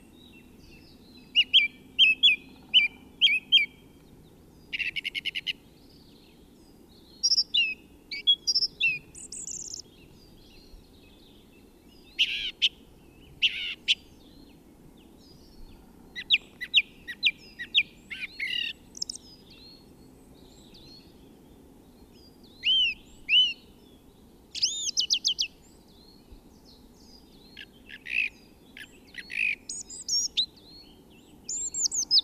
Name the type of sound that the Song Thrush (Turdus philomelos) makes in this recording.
song